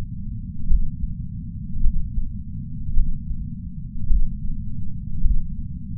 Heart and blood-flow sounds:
heart sounds by patch sensor on the chest; 53 bpm
0.66 s: heartbeat
1.79 s: heartbeat
2.92 s: heartbeat
4.06 s: heartbeat
5.20 s: heartbeat
From the record:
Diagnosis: coronary artery disease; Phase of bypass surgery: intraoperative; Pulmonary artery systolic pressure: 17 mmHg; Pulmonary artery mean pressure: 9 mmHg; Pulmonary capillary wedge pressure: 2 mmHg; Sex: male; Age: 71 years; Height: 162 cm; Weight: 75 kg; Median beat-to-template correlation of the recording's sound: 0.89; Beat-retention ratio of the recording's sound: 0.98

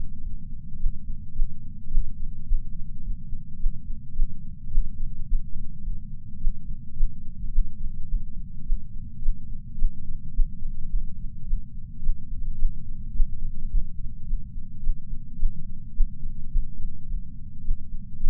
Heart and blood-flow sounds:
heart sounds by patch sensor on the chest; 107 bpm
0.22 s: heartbeat
0.78 s: heartbeat
1.34 s: heartbeat
1.89 s: heartbeat
2.45 s: heartbeat
3.02 s: heartbeat
3.58 s: heartbeat
4.14 s: heartbeat
4.70 s: heartbeat
5.26 s: heartbeat
5.83 s: heartbeat
6.39 s: heartbeat
6.95 s: heartbeat
7.51 s: heartbeat
8.07 s: heartbeat
8.64 s: heartbeat
9.20 s: heartbeat
9.76 s: heartbeat
10.32 s: heartbeat
10.89 s: heartbeat
11.45 s: heartbeat
12.01 s: heartbeat
12.57 s: heartbeat
13.13 s: heartbeat
13.69 s: heartbeat
14.25 s: heartbeat
14.81 s: heartbeat
15.37 s: heartbeat
15.93 s: heartbeat
16.50 s: heartbeat
17.07 s: heartbeat
17.63 s: heartbeat
18.18 s: heartbeat
From the record:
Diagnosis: coronary artery disease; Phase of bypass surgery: postoperative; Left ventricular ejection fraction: 54.7%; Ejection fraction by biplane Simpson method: 51.3%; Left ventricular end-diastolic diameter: 46 mm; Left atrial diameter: 45 mm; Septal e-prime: 5.3 cm/s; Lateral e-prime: 7.1 cm/s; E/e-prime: 10.6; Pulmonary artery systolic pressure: 26 mmHg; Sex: male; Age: 58 years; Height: 182 cm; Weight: 89 kg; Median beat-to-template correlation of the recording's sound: 0.72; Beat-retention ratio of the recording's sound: 0.99

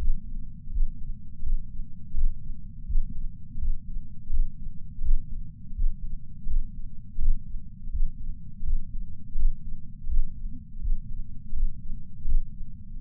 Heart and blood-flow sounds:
heart sounds by patch sensor on the chest; 83 bpm
0.70 s: heartbeat
1.42 s: heartbeat
2.14 s: heartbeat
2.85 s: heartbeat
3.58 s: heartbeat
4.29 s: heartbeat
5.01 s: heartbeat
5.73 s: heartbeat
6.46 s: heartbeat
7.18 s: heartbeat
7.90 s: heartbeat
8.63 s: heartbeat
9.35 s: heartbeat
10.07 s: heartbeat
10.80 s: heartbeat
11.53 s: heartbeat
12.25 s: heartbeat
12.97 s: heartbeat
From the record:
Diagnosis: coronary artery disease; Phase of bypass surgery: postoperative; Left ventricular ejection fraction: 60%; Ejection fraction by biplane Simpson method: 61.8%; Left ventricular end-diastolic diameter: 47 mm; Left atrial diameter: 40 mm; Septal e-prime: 4.5 cm/s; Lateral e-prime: 6.3 cm/s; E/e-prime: 20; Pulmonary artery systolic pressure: 28 mmHg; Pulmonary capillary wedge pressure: 14 mmHg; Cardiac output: 5.9 L/min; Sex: male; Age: 62 years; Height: 165 cm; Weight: 72 kg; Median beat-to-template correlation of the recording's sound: 0.87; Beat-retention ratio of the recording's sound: 1.00

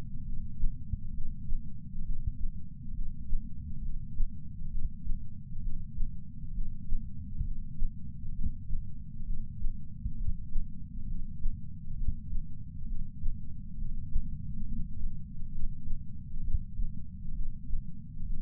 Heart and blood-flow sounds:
heart sounds by patch sensor on the chest; 67 bpm
0.22 s: heartbeat
1.10 s: heartbeat
2.01 s: heartbeat
2.91 s: heartbeat
3.78 s: heartbeat
4.67 s: heartbeat
5.58 s: heartbeat
6.50 s: heartbeat
7.40 s: heartbeat
8.31 s: heartbeat
9.22 s: heartbeat
10.14 s: heartbeat
11.04 s: heartbeat
11.93 s: heartbeat
12.84 s: heartbeat
13.74 s: heartbeat
14.61 s: heartbeat
15.48 s: heartbeat
16.39 s: heartbeat
17.31 s: heartbeat
18.22 s: heartbeat
From the record:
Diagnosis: coronary artery disease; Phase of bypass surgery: preoperative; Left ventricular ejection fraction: 53.1%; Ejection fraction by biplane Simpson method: 48.3%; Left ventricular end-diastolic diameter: 61 mm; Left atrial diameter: 40 mm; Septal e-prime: 7 cm/s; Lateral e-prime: 11.9 cm/s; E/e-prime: 9.8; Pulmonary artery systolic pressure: 34 mmHg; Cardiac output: 5.1 L/min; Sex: female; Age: 60 years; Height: 158 cm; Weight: 54 kg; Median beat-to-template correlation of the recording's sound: 0.90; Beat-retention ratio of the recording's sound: 1.00

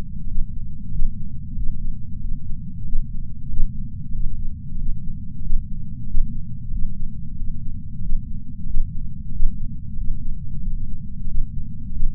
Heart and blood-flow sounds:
heart sounds by patch sensor on the chest; 93 bpm
0.25 s: heartbeat
0.90 s: heartbeat
1.54 s: heartbeat
2.19 s: heartbeat
2.83 s: heartbeat
3.47 s: heartbeat
4.12 s: heartbeat
4.76 s: heartbeat
5.40 s: heartbeat
6.05 s: heartbeat
6.70 s: heartbeat
7.35 s: heartbeat
8.00 s: heartbeat
8.65 s: heartbeat
9.30 s: heartbeat
9.95 s: heartbeat
10.60 s: heartbeat
11.25 s: heartbeat
11.90 s: heartbeat
From the record:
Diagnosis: coronary artery disease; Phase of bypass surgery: postoperative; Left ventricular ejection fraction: 63.8%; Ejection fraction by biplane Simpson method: 63.7%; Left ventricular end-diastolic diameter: 46 mm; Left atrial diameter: 36 mm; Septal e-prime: 6 cm/s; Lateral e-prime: 8.7 cm/s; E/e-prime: 11.2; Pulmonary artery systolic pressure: 20 mmHg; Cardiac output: 4.6 L/min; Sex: male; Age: 58 years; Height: 170 cm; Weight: 80 kg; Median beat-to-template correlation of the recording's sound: 0.85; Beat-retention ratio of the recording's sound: 0.99

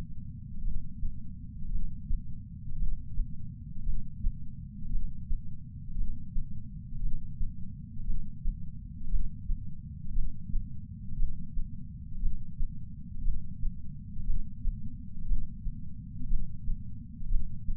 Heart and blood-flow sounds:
heart sounds by patch sensor on the chest; 58 bpm
0.63 s: heartbeat
1.71 s: heartbeat
2.78 s: heartbeat
3.85 s: heartbeat
4.91 s: heartbeat
5.96 s: heartbeat
7.01 s: heartbeat
8.06 s: heartbeat
9.10 s: heartbeat
10.14 s: heartbeat
11.18 s: heartbeat
12.21 s: heartbeat
13.23 s: heartbeat
14.25 s: heartbeat
15.27 s: heartbeat
16.29 s: heartbeat
17.29 s: heartbeat
From the record:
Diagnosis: coronary artery disease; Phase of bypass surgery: intraoperative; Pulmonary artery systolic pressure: 38 mmHg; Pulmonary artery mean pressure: 23 mmHg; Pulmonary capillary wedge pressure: 11 mmHg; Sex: male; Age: 74 years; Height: 175 cm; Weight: 66 kg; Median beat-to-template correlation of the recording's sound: 0.93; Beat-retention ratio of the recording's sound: 0.98

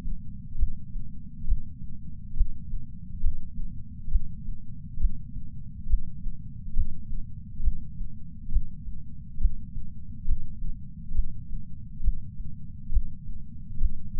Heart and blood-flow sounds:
heart sounds by patch sensor on the chest; 68 bpm
0.57 s: heartbeat
1.46 s: heartbeat
2.35 s: heartbeat
3.22 s: heartbeat
4.10 s: heartbeat
4.99 s: heartbeat
5.88 s: heartbeat
6.75 s: heartbeat
7.62 s: heartbeat
8.51 s: heartbeat
9.39 s: heartbeat
10.27 s: heartbeat
11.14 s: heartbeat
12.02 s: heartbeat
12.91 s: heartbeat
13.80 s: heartbeat
From the record:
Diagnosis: coronary artery disease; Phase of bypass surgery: preoperative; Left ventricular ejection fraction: 65.2%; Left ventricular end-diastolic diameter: 45 mm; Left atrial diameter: 36 mm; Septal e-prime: 3.6 cm/s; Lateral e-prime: 5.4 cm/s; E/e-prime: 13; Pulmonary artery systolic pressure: 22 mmHg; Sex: female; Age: 69 years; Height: 148 cm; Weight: 51 kg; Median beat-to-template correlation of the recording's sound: 0.94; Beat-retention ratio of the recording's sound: 0.99

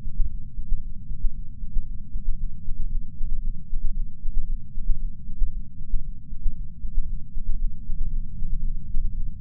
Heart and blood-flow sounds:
heart sounds by patch sensor on the chest; 115 bpm
0.26 s: heartbeat
0.78 s: heartbeat
1.30 s: heartbeat
1.82 s: heartbeat
2.34 s: heartbeat
2.86 s: heartbeat
3.39 s: heartbeat
3.91 s: heartbeat
4.44 s: heartbeat
4.96 s: heartbeat
5.47 s: heartbeat
5.99 s: heartbeat
6.51 s: heartbeat
7.03 s: heartbeat
7.56 s: heartbeat
8.08 s: heartbeat
8.60 s: heartbeat
9.13 s: heartbeat
From the record:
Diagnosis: coronary artery disease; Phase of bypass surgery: intraoperative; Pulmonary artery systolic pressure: 19 mmHg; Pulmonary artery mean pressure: 14 mmHg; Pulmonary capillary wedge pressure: 9 mmHg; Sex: female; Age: 71 years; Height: 150 cm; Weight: 59 kg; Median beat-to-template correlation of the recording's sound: 0.94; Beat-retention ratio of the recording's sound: 0.98

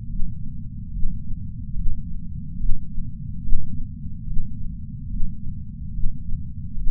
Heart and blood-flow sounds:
heart sounds by patch sensor on the chest; 72 bpm
0.89 s: heartbeat
1.73 s: heartbeat
2.56 s: heartbeat
3.39 s: heartbeat
4.23 s: heartbeat
5.07 s: heartbeat
5.90 s: heartbeat
6.73 s: heartbeat
From the record:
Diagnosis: coronary artery disease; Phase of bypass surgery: intraoperative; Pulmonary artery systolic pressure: 14 mmHg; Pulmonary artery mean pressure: 10 mmHg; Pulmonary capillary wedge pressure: 9 mmHg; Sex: female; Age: 74 years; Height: 160 cm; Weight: 64 kg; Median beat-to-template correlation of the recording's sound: 0.90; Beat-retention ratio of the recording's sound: 0.99

